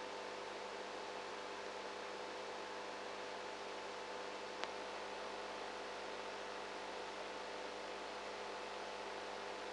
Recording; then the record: brain microelectrode recording played as sound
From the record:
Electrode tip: outside the subthalamic nucleus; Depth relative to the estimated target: -10 mm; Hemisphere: right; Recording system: NeuroSet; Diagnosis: Parkinson's disease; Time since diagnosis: 19 years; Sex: female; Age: 58 years